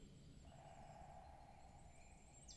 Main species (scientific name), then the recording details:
Dendrocopos major. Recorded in Germany. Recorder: ecoPi